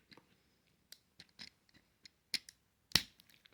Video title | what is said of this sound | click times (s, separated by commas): G1 Studio Series Long Haul review | Oh, there we go. It actually snapped into place there. | 3.0 s